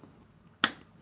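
A RAM module is pushed hard into its motherboard DIMM slot and snaps home with a single sharp click at 0.6 seconds, rising well above a quiet background. The RAM stick is seated.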